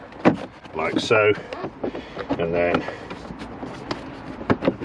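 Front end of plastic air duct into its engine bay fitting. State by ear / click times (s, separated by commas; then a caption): seated / 4.5 s. The front end of a plastic air duct on a BMW N47 diesel engine is lined up and pressed into its engine bay fitting while someone talks. Soft handling and rustling sounds lead to a sharp click at 4.5 seconds as the duct seats home.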